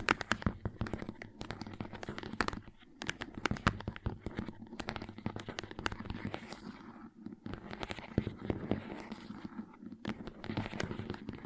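Crayons tap, scrape and carve in a dense, uneven run of sharp clicks and scratchy strokes, with brief pauses near three and seven seconds.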